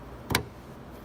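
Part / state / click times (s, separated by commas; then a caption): high beam bulb into headlight housing / seated / 0.3 s. A new 9005 high beam bulb is inserted into the grooves of a 2016–2018 Honda Civic headlight housing and turned clockwise. A brief soft contact at 0.3 s is followed by a sharp, bright click at 0.4 s against a low, quiet background hum. The click means the bulb is seated in the housing.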